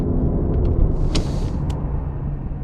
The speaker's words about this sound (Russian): Молодой агент смотрит на дорогу, поглядывает в зеркало заднего вида. Он останавливает машину у тротуара.